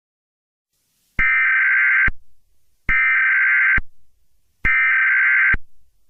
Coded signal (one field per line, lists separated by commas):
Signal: Emergency Alert System (SAME) tones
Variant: header bursts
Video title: Hue Hue Hue - Eas Scenario